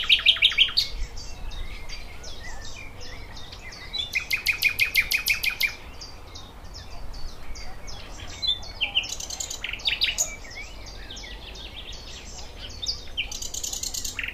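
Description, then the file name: Thrush nightingale song: loud bursts of rapid dry clicking notes and rattling series alternating with short whistled phrases. "Sprosser"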